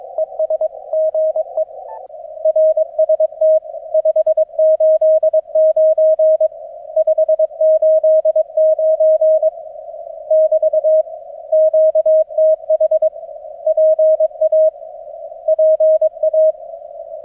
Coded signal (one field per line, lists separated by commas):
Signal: Morse code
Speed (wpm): 23 wpm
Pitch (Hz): 630 Hz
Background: none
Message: ES GE RST 589 589 <BT> QTH PA PA